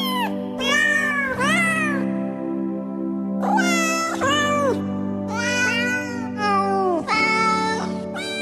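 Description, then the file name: Cat: kitten meowing repeatedly, high rising-and-falling mews in quick succession, some drawn out and others short, over a low steady hum. "Mix Sounds Kitten"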